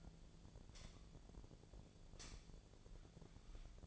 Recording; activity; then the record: daily activity, microphone in the room; light on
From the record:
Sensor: 5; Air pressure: 1009.9 hPa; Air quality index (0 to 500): 158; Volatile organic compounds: 4 ppm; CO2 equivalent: 1541 ppm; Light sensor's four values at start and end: 179/452/189/203 and 179/454/189/203